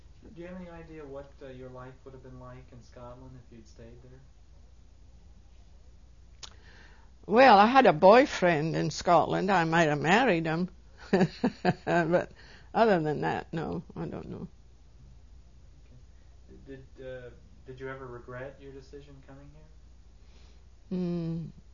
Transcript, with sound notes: Do you have any idea what your life would have been like in Scotland if you had stayed there?
Well, I had a boyfriend in Scotland and I might have married him. (she laughs) But other than that, no, I don't know.
Okay. Did you ever regret your decision coming here?